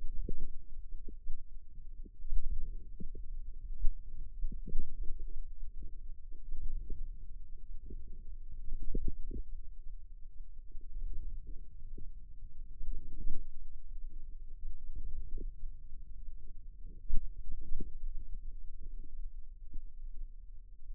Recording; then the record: forearm muscle sounds (acoustic myography)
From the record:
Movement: hand opening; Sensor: system 2, bracelet of six BSWA MPA416 microphones around the upper forearm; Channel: 2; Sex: female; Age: 22 years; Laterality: right